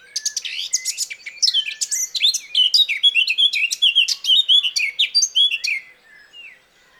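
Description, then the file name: Eurasian blackcap song, a long, lively warble of sharp chips and fluty whistles running for about six seconds before fading. "Sylvia atricapilla"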